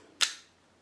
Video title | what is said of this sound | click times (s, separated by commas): Knit Up and Dye Episode 23 - Get the Fuzz Out! | it clicks right into place that was nice and easy | 0.2 s